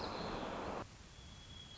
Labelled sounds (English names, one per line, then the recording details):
White-crowned Sparrow
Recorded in Sonoma County, California